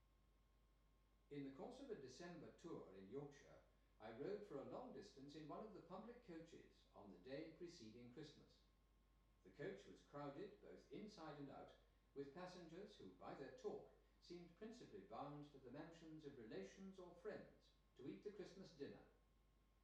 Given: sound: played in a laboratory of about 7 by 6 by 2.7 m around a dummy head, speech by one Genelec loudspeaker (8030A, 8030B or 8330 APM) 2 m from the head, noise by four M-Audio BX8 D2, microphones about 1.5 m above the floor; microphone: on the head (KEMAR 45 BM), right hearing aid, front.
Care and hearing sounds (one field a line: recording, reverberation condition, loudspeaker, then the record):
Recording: male speech in English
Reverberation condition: medium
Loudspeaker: 60 degrees to the left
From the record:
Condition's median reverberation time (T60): about 510 ms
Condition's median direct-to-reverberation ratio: about -0.5 dB